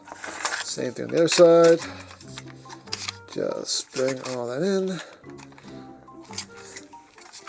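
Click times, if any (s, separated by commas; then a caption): 6.4 s. A folding leg panel of a plastic transforming robot figure is pushed into the lower leg while the leg and foot parts are folded in, with someone talking throughout. Small handling clicks and plastic taps are heard, and the panel snaps into place at 6.4 s, seating as intended.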